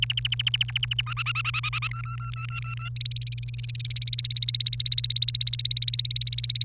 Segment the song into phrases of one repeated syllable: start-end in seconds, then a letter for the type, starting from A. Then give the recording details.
0.00-1.01 A, 1.06-1.88 B, 1.91-2.89 C, 2.96-6.64 D. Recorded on 1 May 2018 at 14:39. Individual llb3